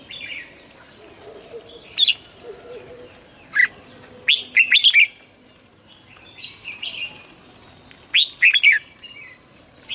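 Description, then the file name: Red-whiskered bulbul with sharp single notes and two quick warbled phrases. Hue strain red-whiskered bulbul singing in the 'giọng kép' (double-voice) song style. "Tieng chao mao hue hot giong kep"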